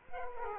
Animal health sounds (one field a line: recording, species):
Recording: mosquito wingbeat signal from an infrared sensor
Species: Aedes aegypti